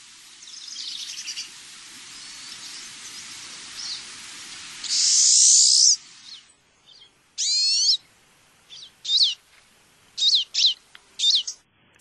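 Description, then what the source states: Pine Siskin calls: faint twittering under steady hiss, then a loud buzzy burst, followed by a series of separate sharp, sweeping high notes at irregular intervals. Flock of several individuals giving twittery calls resembling American Goldfinch, with a little rising trill; described as fairly typical.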